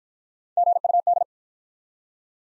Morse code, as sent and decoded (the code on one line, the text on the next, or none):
--. ..- -..
GUD